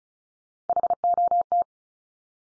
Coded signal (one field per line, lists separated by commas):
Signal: Morse code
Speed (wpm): 34 wpm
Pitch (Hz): 700 Hz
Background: none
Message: HOT